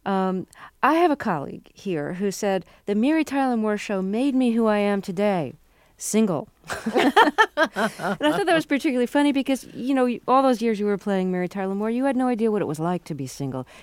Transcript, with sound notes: I have a colleague here who said, "The Mary Tyler Moore Show" made me who I am today - single.
(LAUGHTER)
And I thought that was particularly funny because, you know, all those years you were playing "Mary Tyler Moore," you had no idea what it was like to be single.